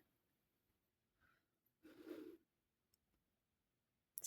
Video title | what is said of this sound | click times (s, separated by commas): Fringe Mermaid Earrings Tutorial Using Cylin Beads from John Bead | It should click in here. | 4.2 s